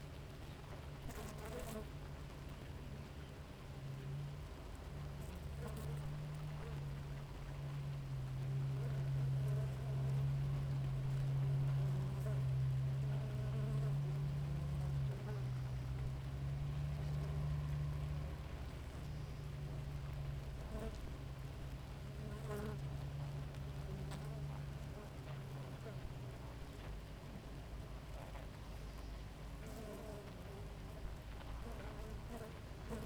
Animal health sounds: honeybee colony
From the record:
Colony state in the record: active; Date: 28 July 2017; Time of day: 5:11

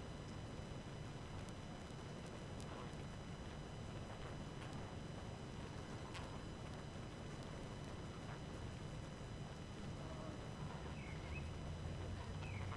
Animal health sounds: honeybee colony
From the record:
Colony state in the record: active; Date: 12 June 2018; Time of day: 18:57

